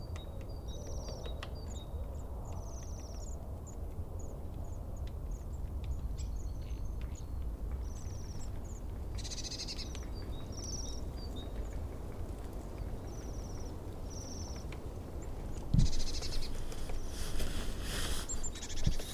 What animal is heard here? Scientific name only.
Bombycilla garrulus